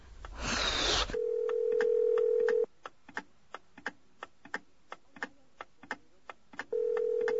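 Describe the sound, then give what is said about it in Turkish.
A brief burst of hiss gives way to a steady, low ringback tone on a phone line, then a pause filled with faint regular clicks before the tone sounds again. “Hadi aç şu telefonu Engin,”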